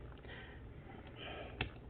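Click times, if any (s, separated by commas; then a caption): 1.6 s. The last plastic trim piece is slid into the door panel of a 2015 Nissan Altima during an interior door handle replacement, with soft sliding and rubbing over a low background rumble. It locks in with a sharp, bright click at 1.6 s, and the piece is seated.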